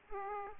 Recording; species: mosquito wingbeat signal from an infrared sensor; Aedes aegypti